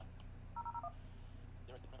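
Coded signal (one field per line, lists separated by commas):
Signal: none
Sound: device's key beeps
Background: speech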